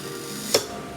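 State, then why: Seated. A heat press handle is lowered onto a shirt and cardboard on the platen and locks closed with a single sharp click at 0.5 s over a steady low background. The click shows the handle has locked down and the pressure setting is right.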